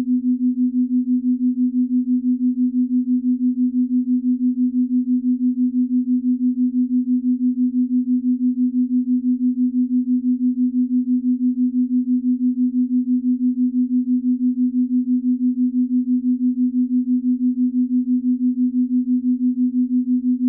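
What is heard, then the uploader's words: A 6 Hz binaural beat: one steady, low-pitched pure tone holds unchanged for the full twenty seconds. Its loudness pulses in a fast, even throb, about six times a second, with no other sounds around it. 6 Hz Theta Waves Binaural Beats _ Theta Wave Shifting.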